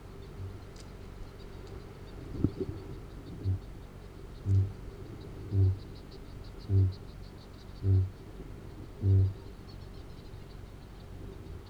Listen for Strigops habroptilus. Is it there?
yes